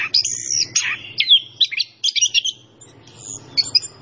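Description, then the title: Orange-headed thrush song, loud varied phrases of swooping whistles and chattering notes, then a quieter gap and a few sharp high notes, with a faint low hum beneath. Training song for songbirds; bird described as gacor, singing energetically. "Anis Kembang Gacor. Masteran Anis Kembang"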